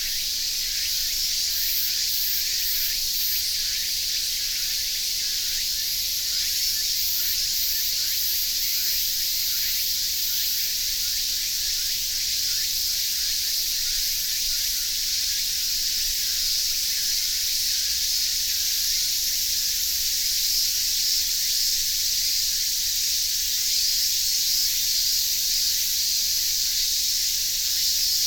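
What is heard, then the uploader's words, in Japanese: A chorus of cicadas, several kinds of them, fills the air with a dense, bright, hissing drone that holds steady for the whole stretch. Faint rhythmic pulsing rides on top in places, with nothing low-pitched underneath, as if heard outdoors amid the trees. 本当はササキリの声を録音したくて訪れた磯部の城山。セミの声があまりにすごくて、ササキリの声は全く聞こえず、やむなくターゲットを変更しました。ツクツクボウシ、ミンミンゼミ、アブラゼミの合唱です。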